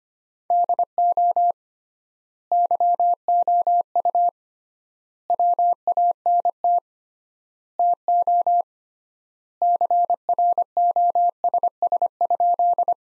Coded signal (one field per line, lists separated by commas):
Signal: Morse code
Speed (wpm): 25 wpm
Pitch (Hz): 700 Hz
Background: none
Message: DO YOU WANT TO CROSS?